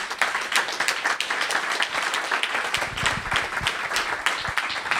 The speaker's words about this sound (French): Donc dites merci à Martin en l'applaudissant très fort.